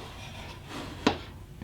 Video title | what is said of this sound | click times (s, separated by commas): How to set up a new pressure cooker and canner. | we go at this point your lid is on and locked into place | 1.1 s